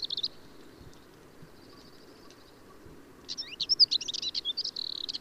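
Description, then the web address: Marmora's warbler song: a brief scratchy note, a faint thin buzzy trill, then a two-second burst of high, rapid, grating warbled notes. "Magnanina sarda"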